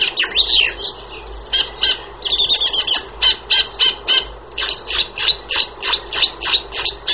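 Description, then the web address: Shrike calling with a scratchy opening chatter, then a steady series of short harsh notes repeated about three times per second. "wroblowe laniidae"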